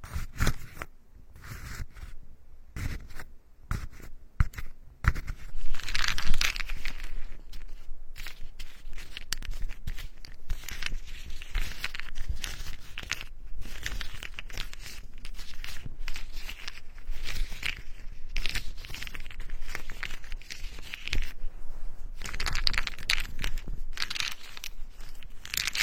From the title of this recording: Tree Ear Picking Supreme Spa Ear Massage